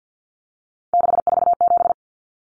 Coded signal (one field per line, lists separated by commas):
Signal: Morse code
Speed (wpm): 50 wpm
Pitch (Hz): 700 Hz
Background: none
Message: 647